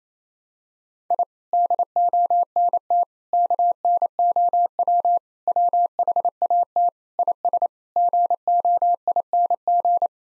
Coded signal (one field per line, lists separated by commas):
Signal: Morse code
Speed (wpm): 28 wpm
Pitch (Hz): 700 Hz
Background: none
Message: I DONT KNOW WHAT IS GOING